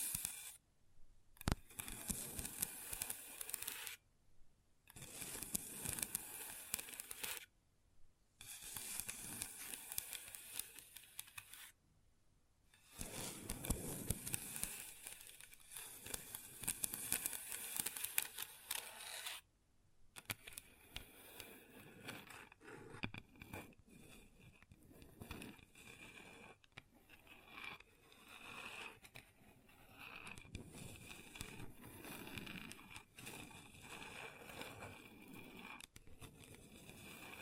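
Long nails scratch a table in bright, dense bursts broken by short silences, then shift after twenty seconds to rapid, steady clicking taps.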